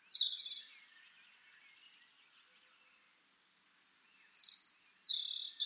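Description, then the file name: European robin song: a high warbled phrase, a quiet gap of about three seconds, then a complex burst of tinkling, sliding notes. "Erithacus rubecula"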